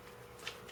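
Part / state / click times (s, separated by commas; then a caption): 3D-printed puzzle piece into cuboid twisty puzzle core / seated / 0.5 s. A 3D-printed plastic piece is pressed into a partly assembled 4x5x6 cuboid twisty puzzle. Against a low steady background, a single short sharp click sounds at 0.5 s as the piece seats into place.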